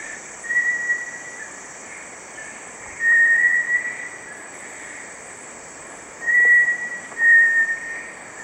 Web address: Natures Songs S America Eastern Lowlands Bartlett's Tinamou